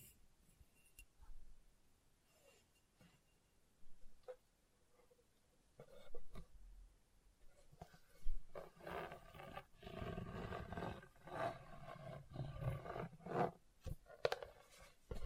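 Scratching across a hard, bumpy surface, starting as sparse, quiet scrapes and clicks over the first eight seconds. After that the rubbing turns dense and louder, a coarse, growling rasp with short bursts and sharp knocks continuing to the end.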